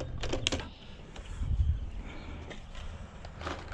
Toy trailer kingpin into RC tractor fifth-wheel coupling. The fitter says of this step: press down until you hear a click